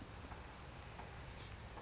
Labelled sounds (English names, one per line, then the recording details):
Oak Titmouse
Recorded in Sonoma County, California